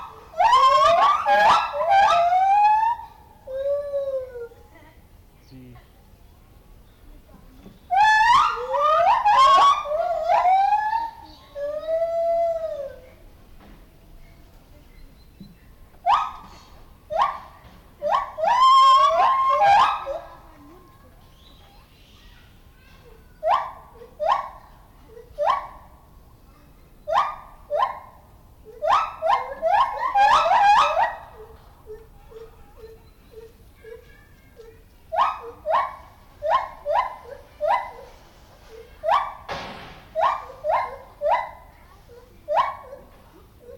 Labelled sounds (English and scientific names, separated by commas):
Lar Gibbon (Hylobates lar) call